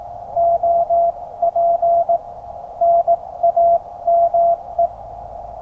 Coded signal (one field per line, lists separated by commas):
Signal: Morse code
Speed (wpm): 18 wpm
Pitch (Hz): 680 Hz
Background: none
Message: OP NAME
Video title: Time for prepping. Rapid deployment of QCX-mini and a 5m whip in the forest.